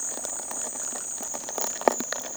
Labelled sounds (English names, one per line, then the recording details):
none
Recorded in dense forest near Puerto Asís, Putumayo, Colombia, on 29 June 2025 at 11:30
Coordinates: 0.468, -76.322
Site GP03